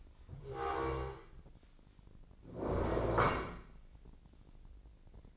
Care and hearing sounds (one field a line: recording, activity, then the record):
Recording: daily activity, microphone in the room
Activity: stand up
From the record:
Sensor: 5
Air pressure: 1012.4 hPa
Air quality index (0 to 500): 162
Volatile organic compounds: 2 ppm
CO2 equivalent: 1105 ppm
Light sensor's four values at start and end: 270/642/276/307 and 271/644/277/308